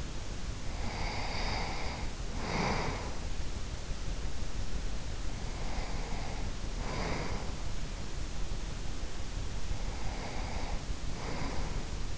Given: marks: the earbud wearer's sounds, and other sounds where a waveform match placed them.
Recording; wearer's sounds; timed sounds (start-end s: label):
sounds in sleep by an in-ear microphone; breath
0.00-3.61 s: breath
4.91-8.05 s: breath
9.47-12.18 s: breath